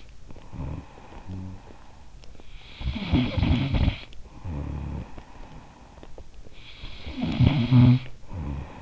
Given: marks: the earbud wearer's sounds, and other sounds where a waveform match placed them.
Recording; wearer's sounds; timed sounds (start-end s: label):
sounds in sleep by an in-ear microphone; snoring breath
0.00-8.82 s: snoring breath